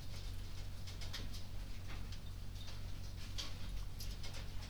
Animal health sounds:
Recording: poultry house recording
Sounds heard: no chicken sound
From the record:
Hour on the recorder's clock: 21

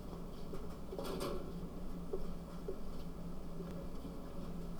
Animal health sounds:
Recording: poultry house recording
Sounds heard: no chicken sound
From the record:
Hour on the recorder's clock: 19

